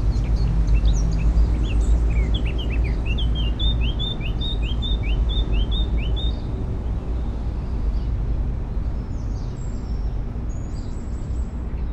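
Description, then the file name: Eurasian blackcap song: scratchy rapid notes leading into an even run of clear, repeated downslurred whistles, then quieter high notes, all over continuous low rumbling. "Sylvia atricapilla"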